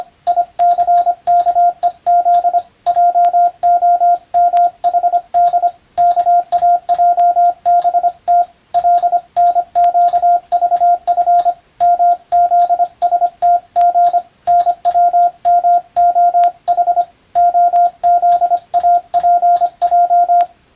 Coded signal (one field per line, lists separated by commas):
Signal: Morse code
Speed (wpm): 25 wpm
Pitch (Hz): 700 Hz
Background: radio noise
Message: ICKEZ JOMHD KAJBT LNQVF MZSTG NWMOH OZAPJ